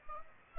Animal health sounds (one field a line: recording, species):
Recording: mosquito wingbeat signal from an infrared sensor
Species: Aedes aegypti